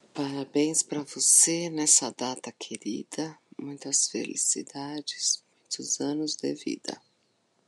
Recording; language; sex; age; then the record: short text; Brazilian Portuguese; female; 50 to 59 years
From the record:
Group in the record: control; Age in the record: 56 years